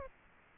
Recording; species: mosquito wingbeat signal from an infrared sensor; Aedes aegypti